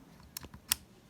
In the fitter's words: bakıyoruz klik sesini duydu kisti kartımızı kitledi